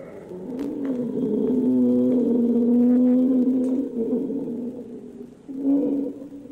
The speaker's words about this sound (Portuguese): Por que essa macaca está chorando? Eu vou lhe dizer. Por Kong. A fêmea está triste.